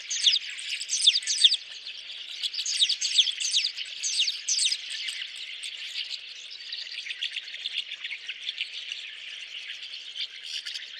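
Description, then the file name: Rosy starling song: dense high chatter full of quick squeaky downslurred notes, busiest in the first five seconds and then a softer continuous rattle. "jalak mawar"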